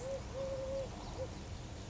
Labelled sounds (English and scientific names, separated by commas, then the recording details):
Eurasian Collared Dove (Streptopelia decaocto)
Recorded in Sonoma County, California